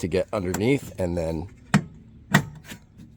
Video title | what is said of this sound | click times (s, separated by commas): ✔ Everything you need to know: ROAM Cases and Mounting options 👀 | lock into place | 1.7 s, 2.4 s